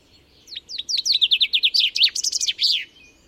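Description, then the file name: Common chaffinch giving a single full song: a tumbling series of clear notes, finishing with an emphatic terminal flourish. "Fringilla coelebs"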